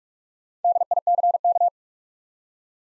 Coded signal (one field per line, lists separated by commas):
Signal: Morse code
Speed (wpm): 42 wpm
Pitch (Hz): 700 Hz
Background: none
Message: DICK